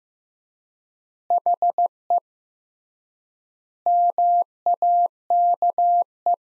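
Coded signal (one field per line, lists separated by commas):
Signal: Morse code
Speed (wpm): 15 wpm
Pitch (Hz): 700 Hz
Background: none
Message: HE MAKE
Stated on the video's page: Morse practice sentences from the top 400 words at 15 wpm with 3x standard word spacing, a method analogous to Farnsworth.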